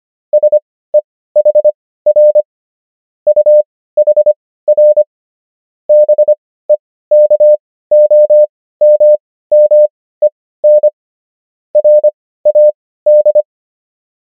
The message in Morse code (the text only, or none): SEHR UHR BEKOMMEN RAD